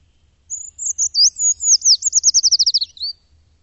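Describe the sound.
Bird singing one high-pitched phrase of sliding whistled notes that speeds into a rapid, descending trill, lasting under three seconds against a quiet background.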